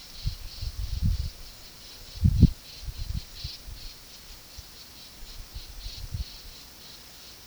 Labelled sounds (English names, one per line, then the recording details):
none
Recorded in pastures near Puerto Asís, Putumayo, Colombia, on 20 February 2024 at 12:00
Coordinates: 0.486, -76.323
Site G6462